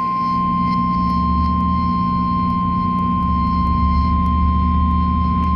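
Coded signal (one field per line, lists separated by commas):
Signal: Emergency Alert System (SAME) tones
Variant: 853 and 960 Hz attention tone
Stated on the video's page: Flash flood warning recorded off the air from an AM/FM radio station.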